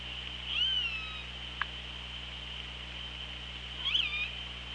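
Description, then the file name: Killer whale calls underwater: a harmonic call, then about three seconds later a second similar call, over steady hiss and low hum. Recorded on the OrcaLab hydrophone, 24 August 2017 at 16:15. "Orca Lab UTLN JASON 20170824 161555"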